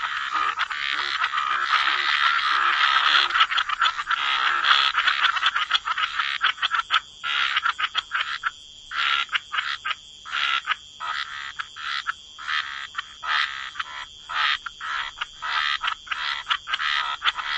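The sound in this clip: Frog chorus of overlapping raspy croaks, a dense wash at first, then breaking into separate pulses about three or four a second, over a steady high hiss.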